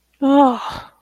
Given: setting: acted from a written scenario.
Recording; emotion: vocal sound without words; relief